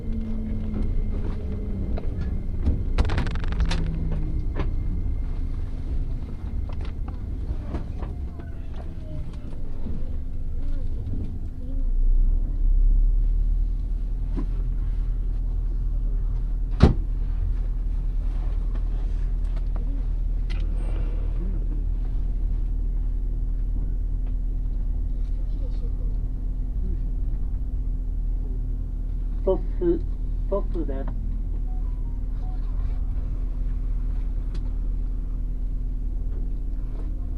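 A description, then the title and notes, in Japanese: A train journey recorded from inside, with a steady low rumble running throughout and a deep constant drone settling in after about twelve seconds. Faint voices come and go, a sharp click lands near seventeen seconds, and brief clattering bursts sound around three and thirty seconds. 鉄道旅 佐賀→博多→中洲川端→呉服町。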